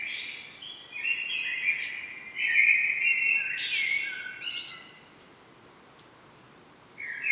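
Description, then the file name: Common blackbird singing sustained, mellow whistled notes that shift up and down, then a high squeaky ending, a quiet gap, and a short new note. "Turdus merula"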